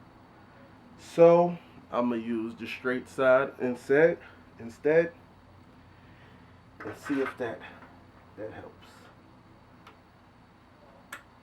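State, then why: Seated. Someone talks while switching to the straight end of a SATA cable and pushing it straight into the port of a 3.5-inch hard drive being installed in a CyberPowerPC SLC9840. After a quieter pause with a faint tick near 9.9 s, the connector latches into the drive with a sharp click at 11.1 s, and it is seated.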